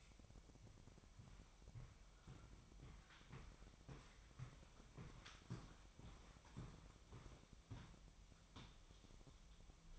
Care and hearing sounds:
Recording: daily activity, microphone in the room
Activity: walk to room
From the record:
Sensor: 1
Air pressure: 999.5 hPa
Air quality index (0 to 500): 198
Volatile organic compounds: 39 ppm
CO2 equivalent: 3137 ppm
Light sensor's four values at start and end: 9/23/9/10 and 9/23/9/10

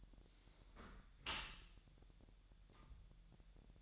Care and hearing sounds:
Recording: daily activity, microphone in the room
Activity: close dishwasher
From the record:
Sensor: 3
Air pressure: 1000.5 hPa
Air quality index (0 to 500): 247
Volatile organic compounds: 170 ppm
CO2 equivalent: 4105 ppm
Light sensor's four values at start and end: 10/24/10/10 and 10/24/10/10

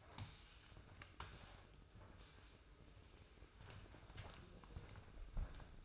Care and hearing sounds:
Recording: daily activity, microphone in the room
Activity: sweep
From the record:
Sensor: 2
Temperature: 24.2 degrees Celsius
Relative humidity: 31.4%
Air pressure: 995.8 hPa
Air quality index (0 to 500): 93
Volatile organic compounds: 5 ppm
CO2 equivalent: 1716 ppm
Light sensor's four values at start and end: 22/68/27/27 and 16/43/18/17

